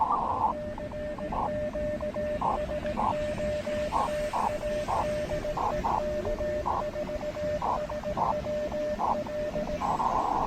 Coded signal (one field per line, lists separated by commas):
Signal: Morse code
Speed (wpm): 17 wpm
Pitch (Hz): 600 Hz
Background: none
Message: CQ SOTA DE K4SWL